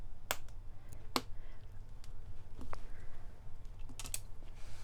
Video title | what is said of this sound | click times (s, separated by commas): How to give a Naloxone injection | You take the needle, you jab it in, and you press down until you hear a click. | 0.3 s, 1.2 s